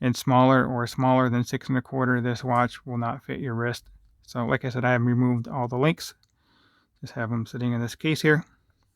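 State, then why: Not seated. A Halios Fairwind watch, with its links removed and set in the presentation case, is being handled over its holder in the case while someone talks throughout, with a pause around 6 to 7 seconds. The watch has not yet snapped into the holder, and nothing has seated or clicked by the end.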